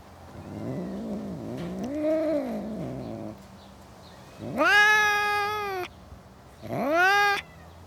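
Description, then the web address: Cat yowling, a low warbling moan followed by two loud sustained wails with rich harmonics, separated by a brief pause. Cats in a suburban garden. "Cats In A Suburban Garden. The BBC Sound Effects Library"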